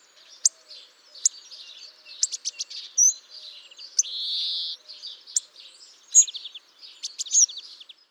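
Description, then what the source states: Hawfinch calls: sharp, high, explosive ticks given irregularly, set against a busy twittering of other small birds and a short buzzy hiss midway. Wintering birds visiting house feeders since early winter, recorded in late winter before leaving winter quarters; calls likened to little sparks.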